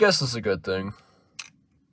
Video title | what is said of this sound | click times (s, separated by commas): My introduction into iPods. :3 | that's the connector out. | 1.4 s